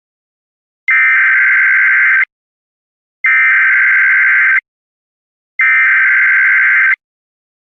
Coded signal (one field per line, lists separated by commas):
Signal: Emergency Alert System (SAME) tones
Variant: header bursts